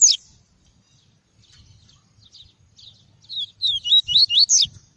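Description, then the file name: Double-collared seedeater song, a brief note, soft scattered chips, then a rapid run of high, looping whistles near the end. "Tui-tui" song variety. "canto do papa capim tui tui"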